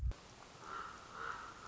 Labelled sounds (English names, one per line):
Common Raven